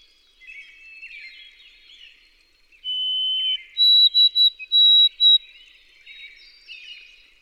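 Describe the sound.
White-throated sparrow sings one song of a sustained clear whistle followed by higher, pulsed whistled notes, over a steady background of twittering songbirds.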